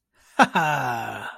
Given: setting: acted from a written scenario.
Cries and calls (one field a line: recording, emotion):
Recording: vocal sound without words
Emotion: pride